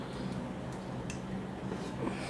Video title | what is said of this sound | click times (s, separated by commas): Unboxing, review and testing Air Fryer - Inalsa Air Fryer Fry-Light | okay there's a click when you open it | 1.1 s